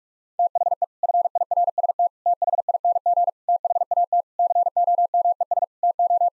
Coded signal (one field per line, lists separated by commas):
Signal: Morse code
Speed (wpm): 46 wpm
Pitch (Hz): 700 Hz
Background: none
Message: THE FIRST THING THAT COMES TO